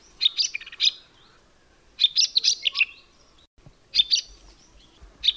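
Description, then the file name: Jerdon's leafbird song: short bursts of bright, chattering, warbled high notes, delivered in phrases about every two seconds with brief pauses between. "suara jerdon leafbird omkicau"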